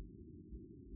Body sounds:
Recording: neck accelerometer signal played as sound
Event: no cough (speech, laughter, throat clearing or background)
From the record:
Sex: female

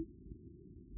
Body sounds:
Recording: neck accelerometer signal played as sound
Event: no cough (speech, laughter, throat clearing or background)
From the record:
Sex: female

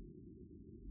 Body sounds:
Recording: neck accelerometer signal played as sound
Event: no cough (speech, laughter, throat clearing or background)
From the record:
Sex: female

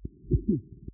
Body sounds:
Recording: neck accelerometer signal played as sound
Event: voluntary cough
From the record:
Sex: male

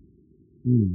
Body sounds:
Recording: neck accelerometer signal played as sound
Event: no cough (speech, laughter, throat clearing or background)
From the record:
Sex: male

